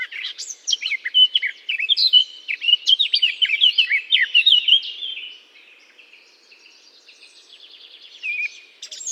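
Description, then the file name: Eurasian blackcap warbling quickly with varied fluty and chattering notes, loud in the first half, then dropping to soft scratchy subsong with a few louder notes near the end. Singing from a holly bush. "chant de fauvette a tete noire dans houx"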